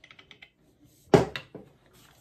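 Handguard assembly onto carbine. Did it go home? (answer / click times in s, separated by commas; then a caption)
yes / 1.1 s. A Strike Industries 6-inch handguard is given a good twist to lock it into place on a CZ Scorpion carbine. A few light ticks come first, then a loud, sharp hit at 1.1 s, followed by softer knocks. The handguard is locked into place and the assembly is complete.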